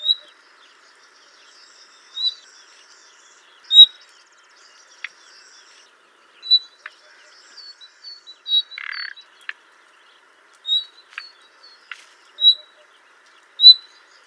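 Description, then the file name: Common nightingale calls: short, sharp high notes given singly at irregular intervals, with one lower, harsher burst midway, over quiet background. "Luscinia megarhynchos"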